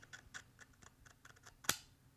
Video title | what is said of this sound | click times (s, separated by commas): $500 AR-15 Build in 2022?! | So you should be able to hear that click | 1.7 s